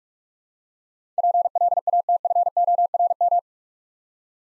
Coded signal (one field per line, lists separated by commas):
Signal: Morse code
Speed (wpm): 44 wpm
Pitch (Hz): 700 Hz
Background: none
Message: PLATFORM